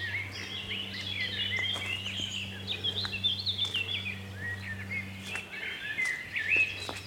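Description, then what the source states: Common blackbird song amid a busy chorus, fluting and warbling phrases overlapping with other birds, over a low hum. Birdsong raining down, mainly blackbirds, just after 8 o'clock in the morning, in woodland with bluebells and beech trees.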